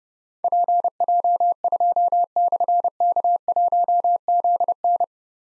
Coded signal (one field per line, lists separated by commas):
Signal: Morse code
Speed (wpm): 30 wpm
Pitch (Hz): 700 Hz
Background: none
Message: PJ2/K1ZN